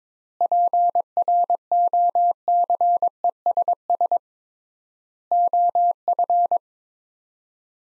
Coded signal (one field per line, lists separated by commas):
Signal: Morse code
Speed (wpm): 22 wpm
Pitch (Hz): 700 Hz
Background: none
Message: PROCESS OF